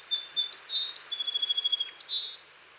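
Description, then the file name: Song sparrow song: a quick jumble of high notes, a buzzy note, then a trill of evenly spaced notes and a final buzzy phrase. "Melospiza melodia - Song Sparrow"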